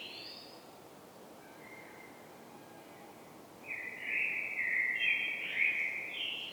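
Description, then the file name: Common blackbird after a quiet stretch launching into a loud, warbling fluted phrase with wavering whistles and a higher ending. "Turdus merula"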